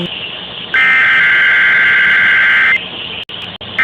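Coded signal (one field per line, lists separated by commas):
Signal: Emergency Alert System (SAME) tones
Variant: header bursts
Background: speech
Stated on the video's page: High wind warning EAS tones aired on AM radio.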